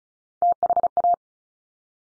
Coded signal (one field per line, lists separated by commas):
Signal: Morse code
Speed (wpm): 36 wpm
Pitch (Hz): 700 Hz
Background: none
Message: THA